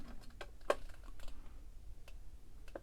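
A second self-tapping case screw is turned backwards under light pressure in the plastic case of an Innoventions RAMCHECK and SPEED VERIFIER tester, with faint ticks and scratches around it. At 0.7 s a single subtle click is heard as the screw drops into its original threads, and it is seated.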